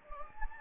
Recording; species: mosquito wingbeat signal from an infrared sensor; Anopheles gambiae